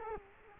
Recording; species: mosquito wingbeat signal from an infrared sensor; Culex quinquefasciatus